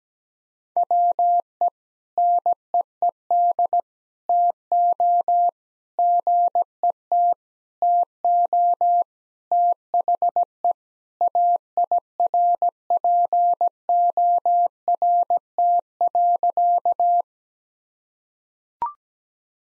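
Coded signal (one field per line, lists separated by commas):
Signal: Morse code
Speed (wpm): 17 wpm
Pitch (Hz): 700 Hz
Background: none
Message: WE NEED TO GET TO THE AIRPORT.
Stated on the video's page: Morse practice at 17 wpm: sentences with common three-word phrases, first words spoken, each sentence sent, spoken, then sent again.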